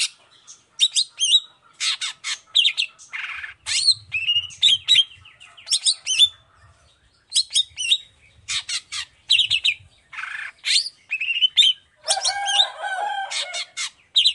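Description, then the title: Long-tailed shrike in rich varied song, dense chattering with whistles, buzzes and trills in quick succession with few pauses. Chatty (gacor) cendet calling loudly in the morning with the 'toet toet' variation; clear voice, full variation, easy for any cendet to imitate. "Cendet Gacor Dor Di Kala Pagi Toet Toet Variasi Suara"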